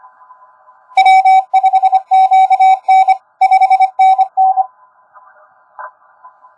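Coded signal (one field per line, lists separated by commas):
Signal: Morse code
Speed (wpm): 25 wpm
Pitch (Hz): 760 Hz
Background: none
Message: W5QN 5NN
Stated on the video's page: 10 m CW contact with a DX station on Austral Island, 5 W QRP from an Index Labs QRP+, 3-element quad at 38 ft, Bencher paddle; strong signals, QSB.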